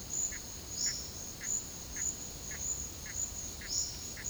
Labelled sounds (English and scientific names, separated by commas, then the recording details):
none
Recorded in pastures near Puerto Asís, Putumayo, Colombia, on 12 March 2025 at 12:00
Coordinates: 0.502, -76.324
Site GP07